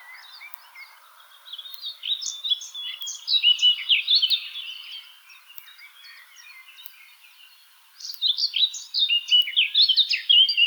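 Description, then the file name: Eurasian blackcap: warbler-like song of a Eurasian blackcap, bursts of varied warbled notes separated by quieter chattering, with steady background noise. "Sylvia atricapilla"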